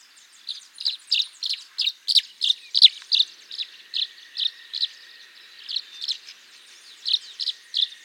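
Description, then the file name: Tree swallow calls: high, liquid chirps repeated about three times a second in an uneven series, with a faint steady high tone humming underneath. "Tachycineta bicolor - Tree Swallow"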